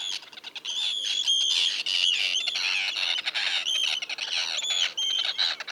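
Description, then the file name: Arctic tern calls, harsh grating notes in a dense, nearly continuous run. "Arctic Tern Sterna paradisaea"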